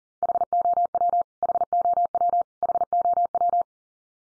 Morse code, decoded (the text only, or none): HOW HOW HOW